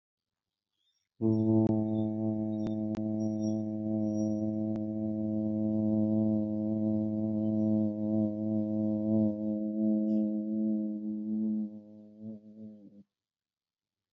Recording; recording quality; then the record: sustained vowel as in boot; excellent, no background noise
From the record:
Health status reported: healthy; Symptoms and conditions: diabetes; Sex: male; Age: 41 years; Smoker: yes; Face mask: not worn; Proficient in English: yes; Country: India